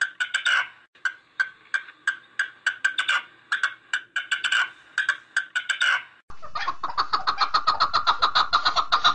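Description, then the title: Partridge with uneven bursts of rough chucking notes in small clusters, followed by a steady, rapid, rhythmic series of harsh notes. "Perdiz Cantando"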